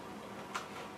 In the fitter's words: back on again press the ratchet lock and give it a turn until it locks into place and away you go now